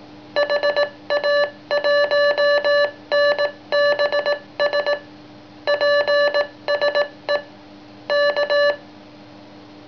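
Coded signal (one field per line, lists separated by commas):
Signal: Morse code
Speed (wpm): 18 wpm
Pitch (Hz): 580 Hz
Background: none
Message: HA1NBS PSE K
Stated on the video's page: Morse sent from a Memory Mic-Key memory keyer: recorded via morse key, played back at adjustable 10-40 WPM with adjustable side-tone.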